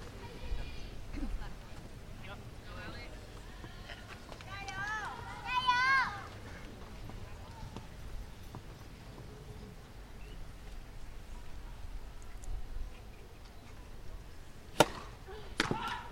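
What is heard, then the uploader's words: Mixed doubles tennis at a large tournament, over a low, steady crowd murmur. A voice calls out briefly around the six-second mark, and two crisp racket strikes crack out near the end, about a second apart. Action from the Wimbledon tennis tournament. Here we are on Court Two for the Mixed Doubles. This is a tie break in the third set. Recorded by Cities and Memory. Wimbledon - mixed doubles action.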